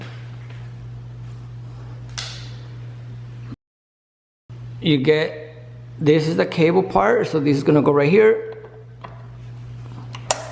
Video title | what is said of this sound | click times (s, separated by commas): HOW TO CONNECT AND HOOKUP A DJ SETUP SOUND SYSTEM. (DIFFERENT WAYS) | you hear a click | 10.3 s